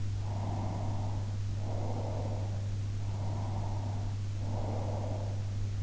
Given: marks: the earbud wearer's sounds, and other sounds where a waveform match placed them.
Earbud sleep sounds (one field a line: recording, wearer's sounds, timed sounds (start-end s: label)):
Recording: sounds in sleep by an in-ear microphone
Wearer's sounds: breath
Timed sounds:
0.29-2.67 s: breath
3.26-5.68 s: breath